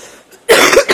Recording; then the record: coughing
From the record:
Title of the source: 34 coughing up crap again